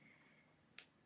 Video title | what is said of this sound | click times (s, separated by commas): Wisp Weaver 2 Necklaces Kit Complete Tutorial | until you hear it kind of click and rub up against | 0.8 s